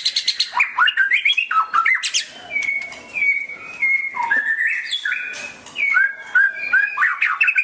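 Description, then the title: Oriental magpie-robin song, a varied run of loud whistled notes, rapid chattering trills and sharp clicks, with level whistles around the middle and quick phrases throughout. "Kicau Kacer"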